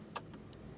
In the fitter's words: यह लॉक हो गया और यह ऐसे करके पुश पुश करके तो बाहर को निकल आएगा